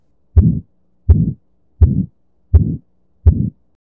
Aortic stenosis features a crescendo-decrescendo sound, meaning an increasing or decreasing level of intensity, resembling a diamond when graphed on a phonogram. The classic area for aortic stenosis is the carotid arteries on both sides.